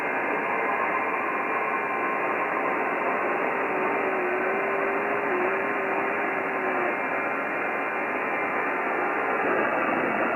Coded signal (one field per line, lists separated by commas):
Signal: FT8